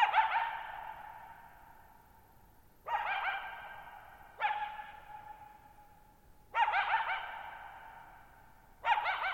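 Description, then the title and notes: Coyote barking repeatedly, five bursts of wavering yips and howl-like tones every two seconds or so, each ringing on in a long echo. Lone coyote at night, July 14, 2019, near Thirtymile Meadows, Okanogan National Forest, Okanogan High Country, Pacific Northwest, 6400 ft (1950 m); high dry plateau, shallow bowl-shaped meadow with boggy ground. "Lone Coyote at Thirtymile Meadows. I spent the night of July 14, 2019, camped near Thirtymile Meadows in the Okanogan National Forest at 6400 ft (1950 m)"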